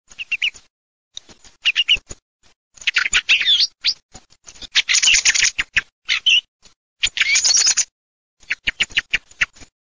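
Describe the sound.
Thrush song, bright high phrases of varied notes in bursts, some repeated, abruptly cut with silent gaps between.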